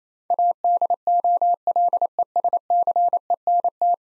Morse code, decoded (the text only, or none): ADOLESCENT